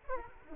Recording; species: mosquito wingbeat signal from an infrared sensor; Aedes aegypti